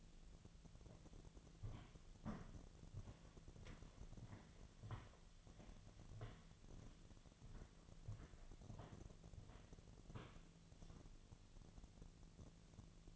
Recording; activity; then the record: daily activity, microphone in the room; walk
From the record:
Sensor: 4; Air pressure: 1009.1 hPa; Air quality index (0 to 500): 166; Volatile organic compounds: 4 ppm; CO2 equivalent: 1676 ppm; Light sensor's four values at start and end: 24/76/29/28 and 24/76/29/28